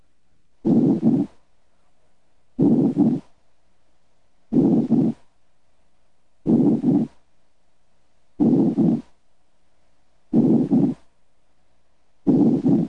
Diminished breath sounds, diaphragmatic paralysis. Diaphragmatic paralysis may limit ventilation of the lung bases. Consequently, breath sounds are diminished. Diminished breath sounds in a patient with diaphragmatic paralysis.